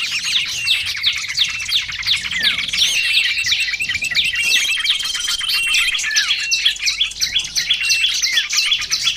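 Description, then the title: Lovebird calls, a continuous noisy jumble of high, sharp tweets and squeaks, fast and irregular, several birds at once. Lovebird calls used as a lure for trapping birds. "PIKAT BURUNG LOVEBIRD"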